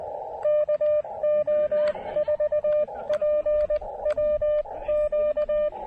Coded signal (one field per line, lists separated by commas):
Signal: Morse code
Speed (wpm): 20 wpm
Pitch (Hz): 600 Hz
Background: radio noise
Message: KO4PWQ